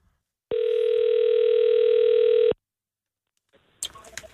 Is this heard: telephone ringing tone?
yes